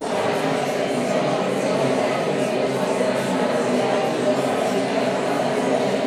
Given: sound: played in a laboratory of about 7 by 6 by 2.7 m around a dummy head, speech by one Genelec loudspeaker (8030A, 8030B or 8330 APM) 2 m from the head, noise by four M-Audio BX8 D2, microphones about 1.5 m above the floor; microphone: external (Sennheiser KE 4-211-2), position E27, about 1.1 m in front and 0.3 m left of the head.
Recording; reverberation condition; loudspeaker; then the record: babble noise; high; four, about 170 cm from the corners of the room and facing them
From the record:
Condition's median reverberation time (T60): about 1300 ms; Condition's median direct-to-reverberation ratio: about -4.0 dB